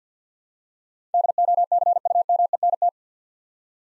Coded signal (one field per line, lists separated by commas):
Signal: Morse code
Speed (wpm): 48 wpm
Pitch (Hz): 700 Hz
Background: none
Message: DOCUMENT